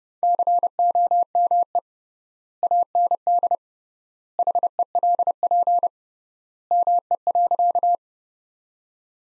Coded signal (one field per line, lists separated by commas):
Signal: Morse code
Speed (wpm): 30 wpm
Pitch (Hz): 700 Hz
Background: none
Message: COME AND HELP ME.